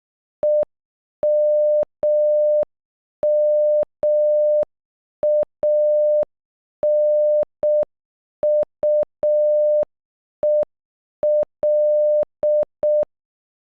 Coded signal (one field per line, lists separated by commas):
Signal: Morse code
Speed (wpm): 12 wpm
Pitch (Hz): 600 Hz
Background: none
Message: EMMANUEL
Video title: Emmanuel in Morse code